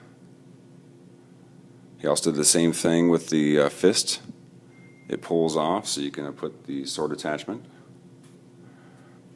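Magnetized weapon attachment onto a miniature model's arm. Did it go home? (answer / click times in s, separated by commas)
no / none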